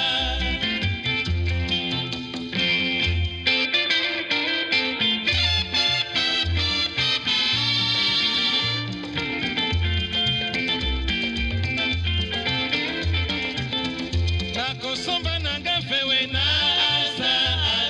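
Congolese rumba plays steadily at full volume, with a regular thumping bass pulse beneath busy, bright guitar lines and quick high trills throughout.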